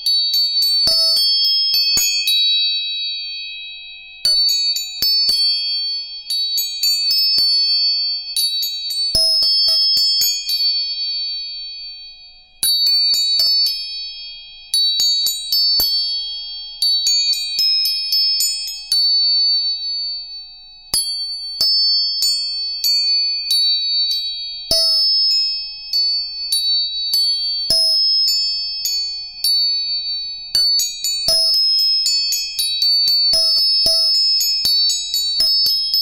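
Tuning forks are struck again and again, often in quick clusters of taps, each leaving a bright, high, steady ring that slowly fades. Brief pauses fall between groups of strikes, and the room behind them is quiet.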